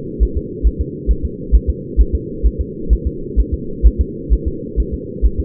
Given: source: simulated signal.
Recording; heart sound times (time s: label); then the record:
fetal heart sounds
0.23 s: S1
0.37 s: S2
0.67 s: S1
0.81 s: S2
1.11 s: S1
1.25 s: S2
1.55 s: S1
1.70 s: S2
2.01 s: S1
2.15 s: S2
2.46 s: S1
2.61 s: S2
2.93 s: S1
3.07 s: S2
3.40 s: S1
3.54 s: S2
3.87 s: S1
4.01 s: S2
4.33 s: S1
4.48 s: S2
4.80 s: S1
4.94 s: S2
5.26 s: S1
5.40 s: S2
From the record:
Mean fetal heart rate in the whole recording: 135 bpm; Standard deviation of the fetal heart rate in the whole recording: 3 bpm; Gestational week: 34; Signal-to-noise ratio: -4.3 dB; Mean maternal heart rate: 72 bpm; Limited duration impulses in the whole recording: absent